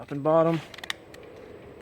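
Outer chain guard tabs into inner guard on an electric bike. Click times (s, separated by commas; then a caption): 0.9 s. Someone talks briefly, then the outer part of an electric bike's chain guard is fitted by pushing its two plastic tabs, top and bottom, into the inner guard. A sharp click at 0.9 s marks a tab popping in and the guard seating, followed by a fainter tick at 1.2 s.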